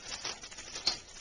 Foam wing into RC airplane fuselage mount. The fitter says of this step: you snap the wings in place like that and they snap into place there's little lines that you match up